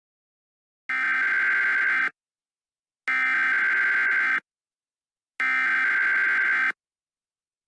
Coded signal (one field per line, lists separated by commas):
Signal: Emergency Alert System (SAME) tones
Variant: header bursts